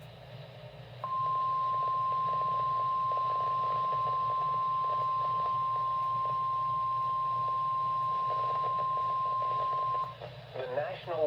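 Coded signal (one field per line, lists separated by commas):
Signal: Emergency Alert System (SAME) tones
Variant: 1050 Hz attention tone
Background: speech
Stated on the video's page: Severe Thunderstorm Warning alert issued by the National Weather Service.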